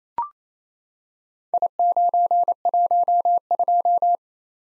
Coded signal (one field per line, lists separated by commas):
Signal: Morse code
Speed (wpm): 28 wpm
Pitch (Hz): 700 Hz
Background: none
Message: I912